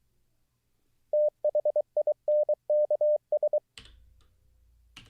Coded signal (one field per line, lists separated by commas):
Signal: Morse code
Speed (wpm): 24 wpm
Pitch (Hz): 600 Hz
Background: none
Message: THINKS